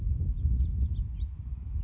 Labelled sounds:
House Finch
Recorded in Sonoma County, California

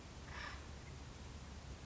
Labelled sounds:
Acorn Woodpecker
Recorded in Sonoma County, California

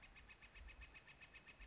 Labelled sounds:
Northern Flicker
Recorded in Sonoma County, California

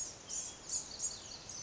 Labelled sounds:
Blue-gray Gnatcatcher
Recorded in Sonoma County, California

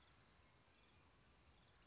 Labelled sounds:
California Towhee
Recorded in Sonoma County, California

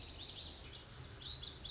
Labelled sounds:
Lazuli Bunting
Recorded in Sonoma County, California

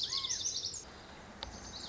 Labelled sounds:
Lazuli Bunting
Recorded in Sonoma County, California

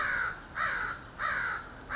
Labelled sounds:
American Crow
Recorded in Sonoma County, California

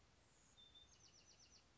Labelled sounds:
Bewick's Wren
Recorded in Sonoma County, California

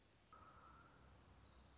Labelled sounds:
Orange-crowned Warbler
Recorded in Sonoma County, California

